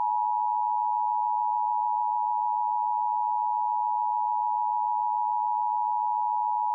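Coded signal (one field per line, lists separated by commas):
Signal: Emergency Alert System (SAME) tones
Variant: 853 and 960 Hz attention tone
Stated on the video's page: Fictional EAS scenario about a hostage situation; tones are valid, with headers generated for EASyPLUS sections.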